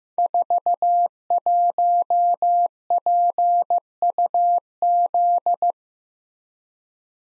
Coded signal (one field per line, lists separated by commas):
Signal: Morse code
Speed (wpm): 15 wpm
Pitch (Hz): 700 Hz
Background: none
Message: 41PUZ